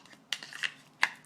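A SOG Tangle fixed-blade knife is pushed into its molded sheath, with light scraping and a couple of sharp ticks at about 0.3 and 0.6 s as the blade slides in. It seats with a bright, loud click at 1.0 s, held by friction and retention points rather than a hard lock.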